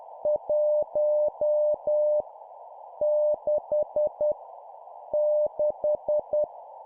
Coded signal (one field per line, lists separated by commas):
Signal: Morse code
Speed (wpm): 10 wpm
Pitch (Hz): 600 Hz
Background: none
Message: 1 6 6